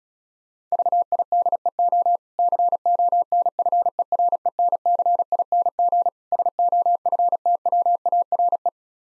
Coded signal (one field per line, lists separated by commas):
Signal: Morse code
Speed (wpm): 36 wpm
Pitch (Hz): 700 Hz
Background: none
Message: VIDEO CONFERENCING SOFTWARE